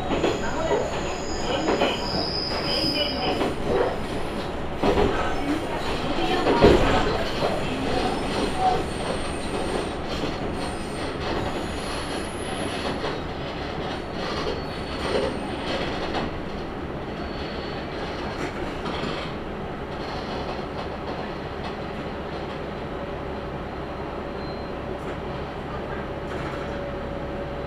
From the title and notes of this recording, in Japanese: 天竜浜名湖鉄道 天竜二俣→森町病院前→遠江一宮。天竜二俣でかなり降りて空いた車内。